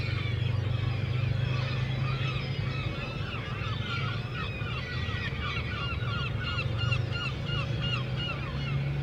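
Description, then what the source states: Gull calls, many clipped, arched yelps from many birds at once, over a deep engine hum. Seagulls at harbour quay, Le Tréport, France, mixed with passing motorcycles; recorded with DPA 4060 microphones in AB position into a Zoom F3.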